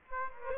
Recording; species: mosquito wingbeat signal from an infrared sensor; Aedes aegypti